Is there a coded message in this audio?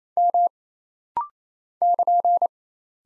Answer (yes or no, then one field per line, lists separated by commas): yes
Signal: Morse code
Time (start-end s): 0.2-2.5 s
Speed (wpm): 28 wpm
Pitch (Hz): 700 Hz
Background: none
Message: M <KN>